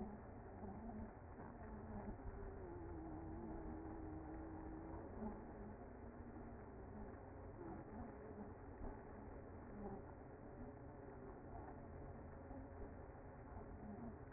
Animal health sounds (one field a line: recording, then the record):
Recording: honeybee colony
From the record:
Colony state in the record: active